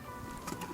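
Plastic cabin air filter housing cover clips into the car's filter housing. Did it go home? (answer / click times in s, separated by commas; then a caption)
no / none. After a new cabin air filter is fitted in a SAAB 9-3 New Generation, the plastic cabin air filter housing cover is handled and pushed back toward the car's filter housing so its retaining clips can snap into place. Steady background music plays, with a brief handling knock around 0.5 s. The cover has not seated and no clip has clicked yet.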